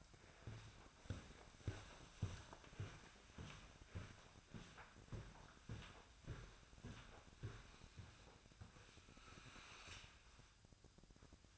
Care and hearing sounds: daily activity, microphone in the room; walk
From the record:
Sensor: 2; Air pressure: 1009.1 hPa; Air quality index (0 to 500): 180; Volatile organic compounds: 2 ppm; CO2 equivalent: 1314 ppm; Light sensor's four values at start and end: 48/123/53/58 and 46/119/52/57

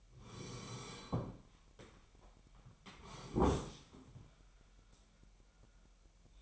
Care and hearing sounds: daily activity, microphone in the room; sit down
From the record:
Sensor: 1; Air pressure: 998.6 hPa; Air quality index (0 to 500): 118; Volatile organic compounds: 3 ppm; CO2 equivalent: 1414 ppm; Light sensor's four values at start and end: 8/19/8/9 and 8/19/8/9

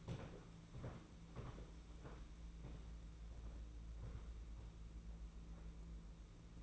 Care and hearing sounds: daily activity, microphone in the room; walk to room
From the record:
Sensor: 1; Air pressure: 992.0 hPa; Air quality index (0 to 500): 216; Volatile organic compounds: 1000 ppm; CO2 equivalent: 8404 ppm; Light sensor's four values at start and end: 21/74/29/29 and 22/77/30/30

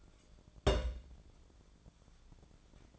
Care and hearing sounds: daily activity, microphone in the room; place on stove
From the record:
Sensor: 5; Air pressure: 1000.0 hPa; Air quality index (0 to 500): 94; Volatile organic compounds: 1 ppm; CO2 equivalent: 769 ppm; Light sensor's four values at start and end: 351/831/359/402 and 351/827/359/402

